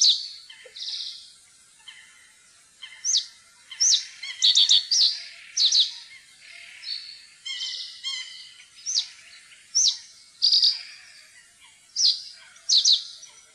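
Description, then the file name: Common reed bunting song of thin, high sweeping notes and rasping buzzy segments, repeated steadily through the recording. "sivspurv"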